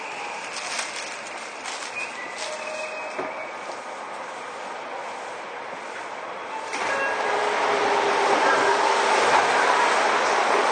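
A Seibu 6000 series train running between Wakoshi and Shin-Kiba, heard as a steady rumble with a hissing, rattling texture. Brief faint tones and clicks appear early on. Around the seven-second mark the sound grows louder and brighter, with a rising whine and heavier rushing noise.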